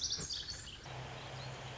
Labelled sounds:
Pacific Wren (Troglodytes pacificus)
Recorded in Sonoma County, California

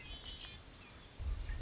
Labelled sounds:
Red-winged Blackbird (Agelaius phoeniceus)
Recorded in Sonoma County, California

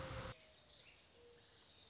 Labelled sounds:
Mourning Dove (Zenaida macroura)
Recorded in Sonoma County, California

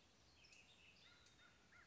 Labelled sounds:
American Crow (Corvus brachyrhynchos)
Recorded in Sonoma County, California

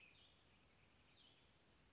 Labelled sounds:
Cassin's Vireo (Vireo cassinii)
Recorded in Sonoma County, California

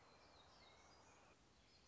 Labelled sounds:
Black-throated Gray Warbler (Setophaga nigrescens)
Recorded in Sonoma County, California

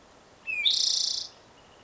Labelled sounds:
Spotted Towhee (Pipilo maculatus)
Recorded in Sonoma County, California

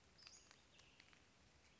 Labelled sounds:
Western Flycatcher (Empidonax difficilis)
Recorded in Sonoma County, California

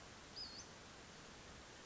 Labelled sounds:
Western Flycatcher (Empidonax difficilis)
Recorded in Sonoma County, California

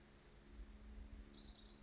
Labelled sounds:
Orange-crowned Warbler (Leiothlypis celata)
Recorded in Sonoma County, California

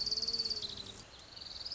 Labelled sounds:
Orange-crowned Warbler (Leiothlypis celata)
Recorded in Sonoma County, California

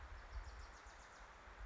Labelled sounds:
Wilson's Warbler (Cardellina pusilla)
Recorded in Sonoma County, California

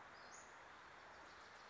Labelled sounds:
Western Flycatcher (Empidonax difficilis)
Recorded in Sonoma County, California

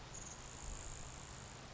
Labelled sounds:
Grasshopper Sparrow (Ammodramus savannarum)
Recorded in Sonoma County, California

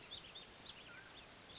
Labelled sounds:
Mountain Quail (Oreortyx pictus)
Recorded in Sonoma County, California

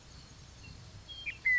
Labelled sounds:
Western Meadowlark (Sturnella neglecta)
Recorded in Sonoma County, California

